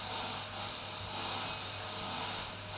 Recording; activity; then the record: daily activity, microphone in the room; vacuum cleaning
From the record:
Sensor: 2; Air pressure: 1010.1 hPa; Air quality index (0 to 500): 162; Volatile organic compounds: 7 ppm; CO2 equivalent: 2030 ppm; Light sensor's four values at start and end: 38/92/41/46 and 38/92/41/46